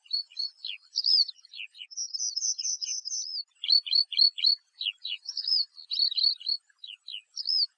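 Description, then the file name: Eurasian Skylark song, a rapid stream of high chirruping and warbled notes with quick slurs and short trills, following one another closely with only brief gaps. "Allodola"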